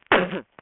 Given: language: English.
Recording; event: throat vibration sensor signal played as sound; cough